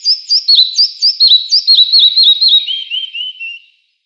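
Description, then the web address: Red-breasted flycatcher song: a quick run of high, clear whistled notes, about four per second, falling in pitch toward the end. "Schulze Peter Red-breasted Flycatcher"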